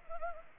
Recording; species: mosquito wingbeat signal from an infrared sensor; Anopheles arabiensis